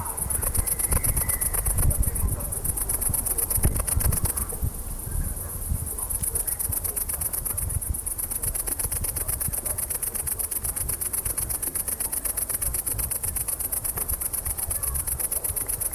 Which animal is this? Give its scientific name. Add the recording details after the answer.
Tettigonia viridissima. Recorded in the wild. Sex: male. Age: imago. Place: Lübars, Benekendorffstraße, Berlin, DE. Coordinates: 52.6167, 13.3469. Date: 1998-08-17 20:58. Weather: heiter, 18°C. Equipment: Marantz CP 430, Sennheiser ME 80, Kopie Uher 4000 Report Monitor. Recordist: Tembrock, Günter